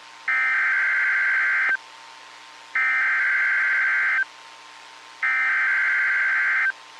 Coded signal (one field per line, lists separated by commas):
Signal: Emergency Alert System (SAME) tones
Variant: header bursts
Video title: EAS 1777-1782 (5/3/22)